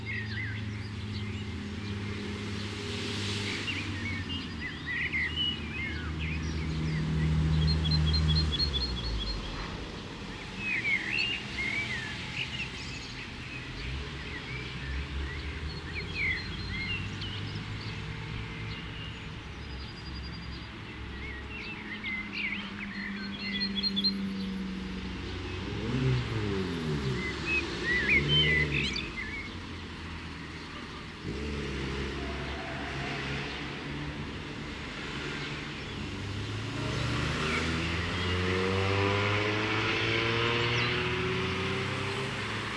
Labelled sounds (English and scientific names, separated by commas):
Common Blackbird (Turdus merula) song